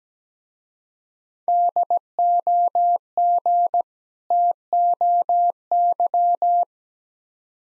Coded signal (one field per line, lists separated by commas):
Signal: Morse code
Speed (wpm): 17 wpm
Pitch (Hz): 700 Hz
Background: none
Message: DOG TOY